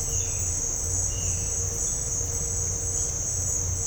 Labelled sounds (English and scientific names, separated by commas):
none